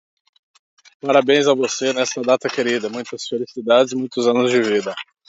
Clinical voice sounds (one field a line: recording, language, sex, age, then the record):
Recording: short text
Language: Brazilian Portuguese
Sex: male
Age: 30 to 39 years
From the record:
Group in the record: control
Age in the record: 33 years